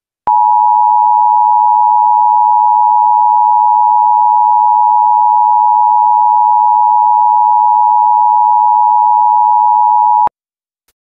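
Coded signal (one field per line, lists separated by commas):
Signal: Emergency Alert System (SAME) tones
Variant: 853 and 960 Hz attention tone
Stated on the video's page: Fictional World War III EAS scenario with Emergency Action Notification and Presidential Alert; not real.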